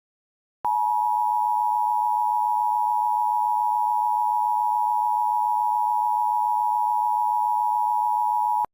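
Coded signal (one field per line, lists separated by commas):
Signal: Emergency Alert System (SAME) tones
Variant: 853 and 960 Hz attention tone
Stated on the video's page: Valid EAS tones in a fictional EAS scenario; the alert is simulated.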